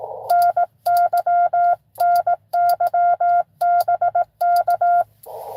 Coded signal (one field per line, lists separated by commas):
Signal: Morse code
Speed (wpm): 18 wpm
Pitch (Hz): 690 Hz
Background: none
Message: NY NY BK